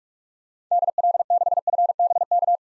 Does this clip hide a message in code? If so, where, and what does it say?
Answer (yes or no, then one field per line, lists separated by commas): yes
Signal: Morse code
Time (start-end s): 0.7-2.6 s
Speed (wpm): 43 wpm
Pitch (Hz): 700 Hz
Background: none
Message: DL6FBK